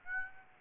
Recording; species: mosquito wingbeat signal from an infrared sensor; Aedes aegypti